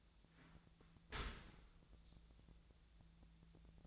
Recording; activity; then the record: daily activity, microphone in the room; open dishwasher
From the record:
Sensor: 3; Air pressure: 1000.4 hPa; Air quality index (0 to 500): 175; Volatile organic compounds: 3 ppm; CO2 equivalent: 1518 ppm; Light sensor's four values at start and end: 13/36/14/16 and 13/36/14/16